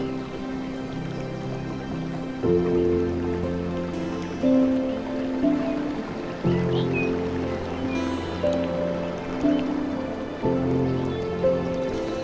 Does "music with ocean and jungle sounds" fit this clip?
yes